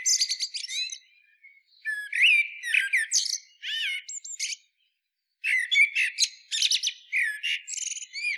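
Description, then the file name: Eurasian blackbird: dense phrases of whistled and squeaky notes with rapid high chirping, broken by a short pause midway. "Turdus merula"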